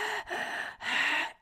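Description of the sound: Two soft, hissing rushes of air, in then out, imitated by voice. This is ordinary breathing heard over the neck with the stethoscope bell, starting at the base of the carotid near the clavicle and working up toward the mandible. It masks a low-pitched carotid bruit, which is heard well only when the patient holds their breath.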